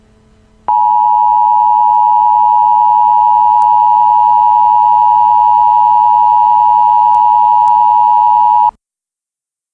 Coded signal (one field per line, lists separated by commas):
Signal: Emergency Alert System (SAME) tones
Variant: 853 and 960 Hz attention tone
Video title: EAS Mock-Kentucky Tornado